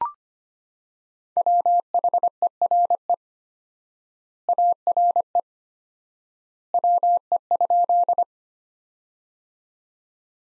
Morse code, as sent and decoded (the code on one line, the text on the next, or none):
.-- .... . .-. . / .- .-. . / .-- . ..--..
WHERE ARE WE?